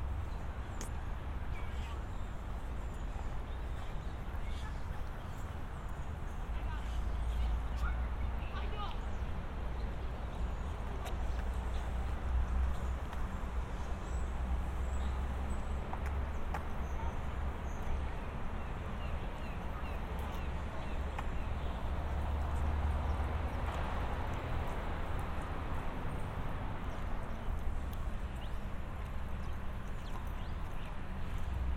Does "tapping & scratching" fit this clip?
no